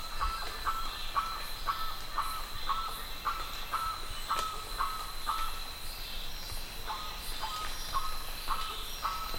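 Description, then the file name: Bird uttering clipped calls about twice a second, pausing briefly midway, over a steady high insect-like whine. "SABIOD 50 bird 2015"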